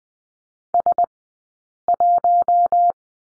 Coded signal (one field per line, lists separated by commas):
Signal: Morse code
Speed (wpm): 20 wpm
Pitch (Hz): 700 Hz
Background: none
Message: S1